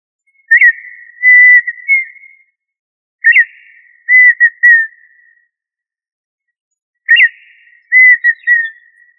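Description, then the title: Tinamou calling with three clear whistled phrases, each opening with a sharp rising note and trailing into steady, broken whistles. "Familia Tinamidae - Quail - Puyuh"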